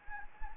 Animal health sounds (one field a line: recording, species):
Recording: mosquito wingbeat signal from an infrared sensor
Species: Anopheles gambiae